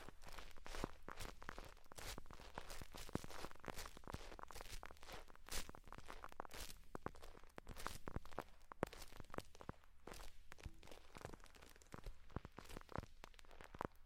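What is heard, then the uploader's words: Slime being squeezed and worked, with a rapid, irregular stream of sharp crackling and popping clicks running the whole way through. The snaps come several times a second, bright and crisp, over a faint steady low hum underneath. ASMR Slime sounds for sleep, tingles and relaxation.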